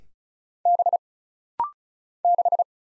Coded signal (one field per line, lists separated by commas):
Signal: Morse code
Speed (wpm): 35 wpm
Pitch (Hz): 700 Hz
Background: none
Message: B 6